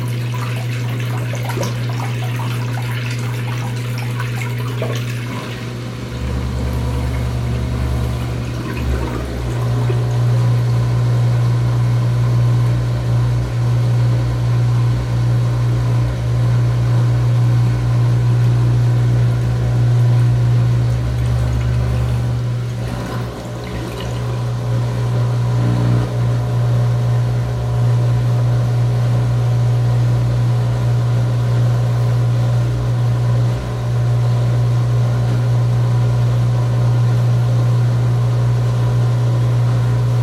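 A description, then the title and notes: A washing machine mid-cycle, draining, with a strong, steady low hum from the pump that runs the whole way through. Around 6 to 10 seconds and again near 20 to 23 seconds a deeper rumble swells underneath, while faint rattles and clicks come and go above. This is the sound of the washing machine mid cycle draining recorded midnight. Montreal canada with tascam dr05.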